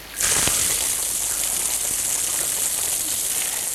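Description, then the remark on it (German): Drinking water from a reservoir suddenly bursts from a pipe after a valve is turned further, and keeps gushing in a steady, loud, hissing rush, with no voices over it. “Wasser, Schiff, Wasser!”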